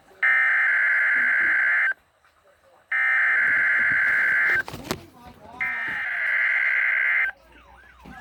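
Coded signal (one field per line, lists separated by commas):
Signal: Emergency Alert System (SAME) tones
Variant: header bursts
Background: speech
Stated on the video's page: Winter storm warning carried on NOAA weather radio.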